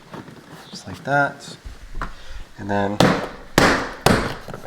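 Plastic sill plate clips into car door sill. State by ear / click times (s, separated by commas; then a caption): seated / 3.6 s, 4.1 s. A plastic sill plate on a 2016 Mini Cooper JCW is lined up with its pins over their holes and pressed down into the car's door sill while someone talks. Loud, sharp snaps are heard at 3.6 s and 4.1 s as the clips snap back into place, and the sill plate is seated.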